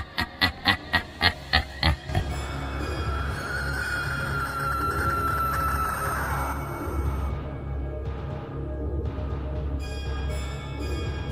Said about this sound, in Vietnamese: Mụ cười rít lên những tiếng ghê rợn, nghe như là tiếng con chim lợn nó kêu ấy.